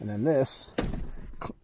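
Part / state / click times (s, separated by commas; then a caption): folding second-row seat locking into its floor latch / seated / 1.4 s. Someone talks as the second-row seat of a 2008 Lexus GX470 V8 SUV is folded and flipped up to open access to the third row, with a broad thump near 0.8 s. The seat clicks into its floor latch at 1.4 s, where an orange lock bar engages and holds it so it cannot fall back.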